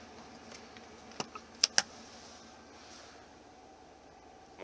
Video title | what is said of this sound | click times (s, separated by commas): 1994 Chevy Suburban K2500 4X4 Silverado 5.7L V8 Start Up, Review and Tour | and this here little lever locks into place so this doesn't flop around more | 1.6 s, 1.8 s